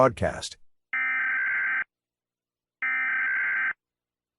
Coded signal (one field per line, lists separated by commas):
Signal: Emergency Alert System (SAME) tones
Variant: header bursts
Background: speech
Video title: EAS Scenario - "Earthquake: Get Out" | Emergency Alert System